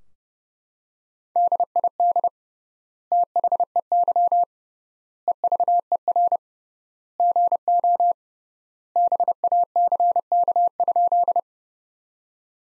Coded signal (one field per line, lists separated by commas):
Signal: Morse code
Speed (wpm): 31 wpm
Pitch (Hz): 700 Hz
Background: none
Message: DID THEY EVER GO BACK?